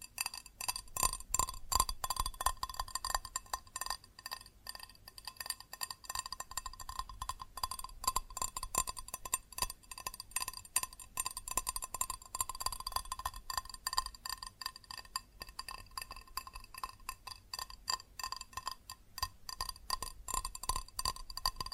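Fast tapping on glass and ceramic objects fills all 22 seconds, a dense, irregular stream of sharp clicks and clinks. The taps ring with bright, steady tones, and the pace stays quick and busy throughout, with slightly sparser moments around the middle.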